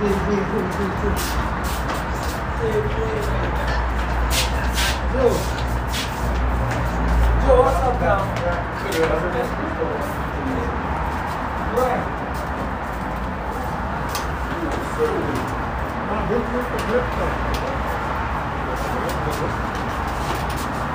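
Inside a bus in Dubai, a steady low engine rumble runs throughout beneath murmured voices, with brief sharp clicks and rattles scattered across.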